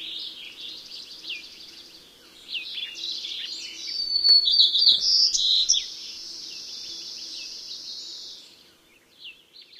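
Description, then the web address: White-crowned Sparrow gives a song of short high notes leading into a loud rattling buzzy trill and a long drawn whistle that fades out. Common western species of North America. "Know Your Bird Sounds Common Western Species. White-crowned Sparrow"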